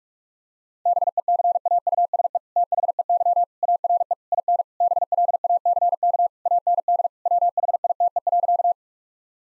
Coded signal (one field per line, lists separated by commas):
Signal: Morse code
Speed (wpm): 42 wpm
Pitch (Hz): 700 Hz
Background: none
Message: BECAUSE THEY ARE IN BLACK AND WHITE.